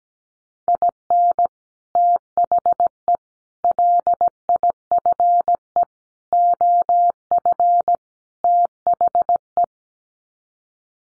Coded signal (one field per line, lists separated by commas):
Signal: Morse code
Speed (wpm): 17 wpm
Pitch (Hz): 700 Hz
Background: none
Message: IN THE LIFE OF THE